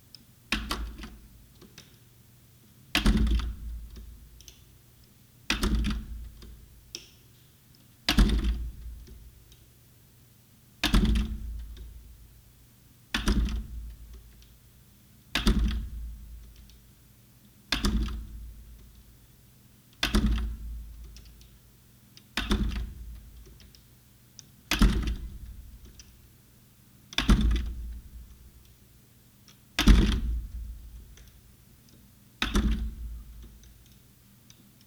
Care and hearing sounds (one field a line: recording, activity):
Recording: daily activity, guitar pickup as the sensor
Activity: manipulate door